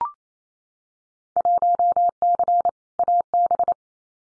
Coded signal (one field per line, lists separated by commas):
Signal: Morse code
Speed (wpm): 28 wpm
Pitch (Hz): 700 Hz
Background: none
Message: 1C AB